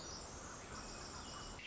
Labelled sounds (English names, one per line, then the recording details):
Pacific Wren
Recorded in Sonoma County, California